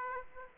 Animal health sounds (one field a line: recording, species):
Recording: mosquito wingbeat signal from an infrared sensor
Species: Aedes aegypti